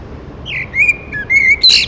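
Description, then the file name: Eurasian blackbird giving a mellow whistled phrase of drawn-out notes, finishing with a sharp, high squeaky flourish. "Turdus merula"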